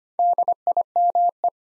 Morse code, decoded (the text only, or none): DIME